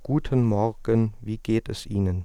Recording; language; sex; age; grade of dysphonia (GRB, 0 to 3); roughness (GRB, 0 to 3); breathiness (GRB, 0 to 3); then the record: spoken sentence; German; male; 20 to 29 years; 0; 0; 0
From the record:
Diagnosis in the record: healthy voice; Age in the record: 25 years